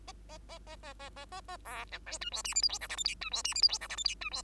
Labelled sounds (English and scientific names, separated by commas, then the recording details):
Bengalese Finch (Lonchura striata domestica) song
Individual Bird2